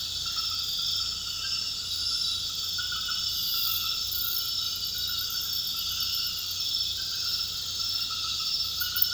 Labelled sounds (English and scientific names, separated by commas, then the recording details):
none
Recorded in pastures near Puerto Asís, Putumayo, Colombia, on 8 March 2025 at 23:00
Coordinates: 0.472, -76.329
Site G074